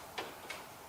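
A metal horn ring is pressed onto the hub of a restored classic car steering wheel. Two short ticking clicks are heard at 0.2 s and 0.5 s as it locks into place, and the ring is seated.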